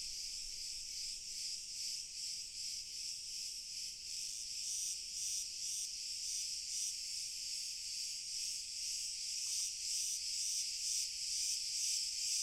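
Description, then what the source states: Cricket chorus of high pulsing trills that grows gradually louder throughout, a short faint tick heard partway through. Pure cricket chorus, slowly increasing in intensity.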